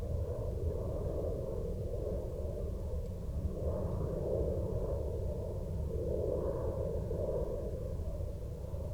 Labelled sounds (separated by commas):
aircraft